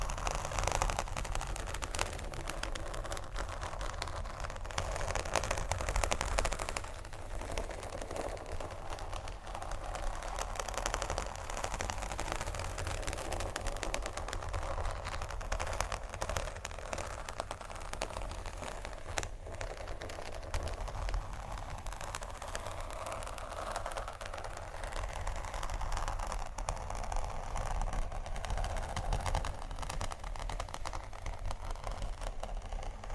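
Dense scratching and tapping run without pause for the whole stretch, a steady crackle of rapid, closely packed clicks and rasps. A low rumble sits underneath throughout, and the loudness stays even, with only a brief dip around seven seconds.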